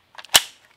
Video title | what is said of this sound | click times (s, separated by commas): Kalashnicohn AK47 Review | this is a Croatian steel magazine locks into place no problem | 0.4 s